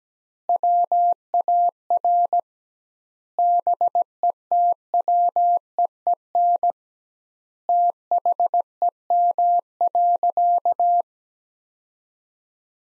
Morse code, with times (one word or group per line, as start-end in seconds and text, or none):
0.5-2.4 WAR
3.4-6.7 BETWEEN
7.7-11.0 THEM.